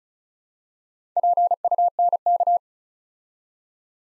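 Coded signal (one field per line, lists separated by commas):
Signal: Morse code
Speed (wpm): 36 wpm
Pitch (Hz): 700 Hz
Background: none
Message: PUNK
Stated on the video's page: Morse practice building 4-letter words two letters at a time at 35 wpm, for instant character recognition.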